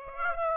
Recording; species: mosquito wingbeat signal from an infrared sensor; Aedes aegypti